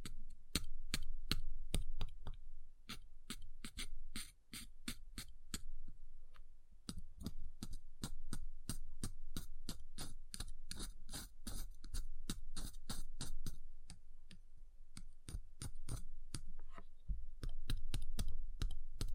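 Sharp tapping on ice in quick, fairly regular bursts, each click bright and crisp, with a low thud beneath and brief pauses between runs.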